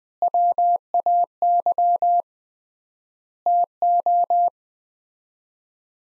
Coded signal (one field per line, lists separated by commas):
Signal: Morse code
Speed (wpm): 21 wpm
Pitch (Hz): 700 Hz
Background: none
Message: WAY TO